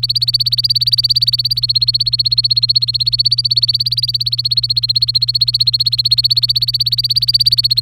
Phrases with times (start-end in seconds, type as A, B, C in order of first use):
0.00-7.81 A